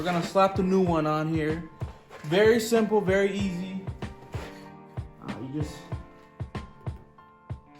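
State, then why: Seated. A new wiper blade's plastic adapter is slid onto the metal wiper arm hook on a 2022 Kia Sotos four-wheel-drive while music plays and someone talks. Several small handling taps follow, and a click at 6.6 s marks the blade locking in place on the arm.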